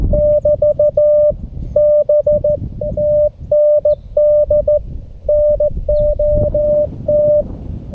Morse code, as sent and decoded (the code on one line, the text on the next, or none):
-...- / -... / - -. -.. / -. --- -
<BT> B TND NOT